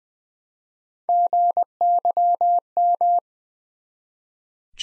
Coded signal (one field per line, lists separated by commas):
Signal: Morse code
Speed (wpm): 20 wpm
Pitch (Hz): 700 Hz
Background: none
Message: GYM